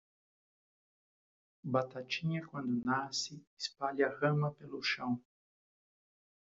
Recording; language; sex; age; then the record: short text; Brazilian Portuguese; male; 60 to 69 years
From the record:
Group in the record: control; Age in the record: 63 years